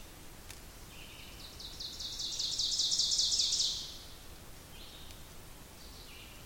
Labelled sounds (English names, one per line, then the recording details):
Ovenbird song
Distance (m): 30 m
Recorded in boreal forest in Alberta, Canada, on 2 June 2016 at 08:51
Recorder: SongMeter 3, array SBT-3-7
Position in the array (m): 208 m, 37 m
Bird 6